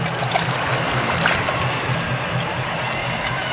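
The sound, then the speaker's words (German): Steady watery sloshing and splashing from a boat being rowed with combined strength toward the Nautilus, a continuous low churning with occasional brighter splashes, like oars stirring the surface; no voices. “So schnell wie wir konnten, waren wir, Ned Land mit dem Wildschwein auf der Schulter, in unserem Boot und ruderten mit vereinten Kräften auf die Nautilus zu.”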